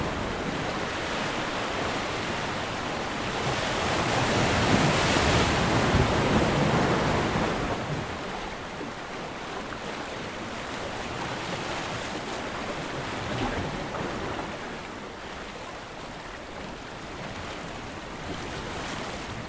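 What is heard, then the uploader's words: Ocean waves wash against rocks in a steady, dense rush of hiss and roar. A louder surge builds around four seconds and peaks near six before easing off, then the water settles into a softer, even churn with gentle swells. Ocean Waves Calmly Crashing Against Rocks.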